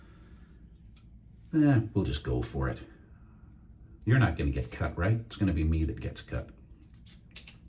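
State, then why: Seated. Someone talks, then a vintage 1971 Gillette Trac II twin-blade razor cartridge is pushed onto the razor handle's plastic mount. Sharp, short snaps at 7.4 s and 7.5 s mark the cartridge clicking into place, fully seated on the handle.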